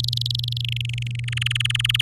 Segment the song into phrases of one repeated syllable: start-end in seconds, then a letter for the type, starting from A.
0.00-0.61 A, 0.64-1.25 B, 1.28-2.02 C